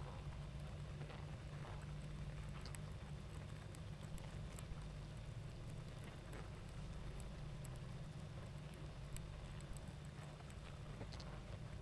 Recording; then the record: honeybee colony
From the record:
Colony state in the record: active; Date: 28 July 2017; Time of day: 20:56